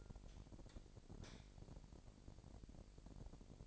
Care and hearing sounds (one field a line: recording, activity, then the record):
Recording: daily activity, microphone in the room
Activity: light on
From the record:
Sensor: 5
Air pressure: 1012.0 hPa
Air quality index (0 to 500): 249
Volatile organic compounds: 4 ppm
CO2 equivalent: 1668 ppm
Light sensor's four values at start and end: 38/88/37/39 and 39/92/38/40